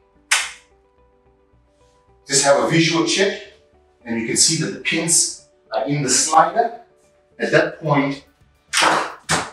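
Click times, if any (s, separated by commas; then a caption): 0.3 s. The retractable pin on the other side of a babyhood cot's drop side is pushed by a hand reaching behind it into the cot slider, giving one sharp click at 0.3 s. Someone then talks over the rest of the clip. The pin has seated, and a visual check confirms both pins are in the slider.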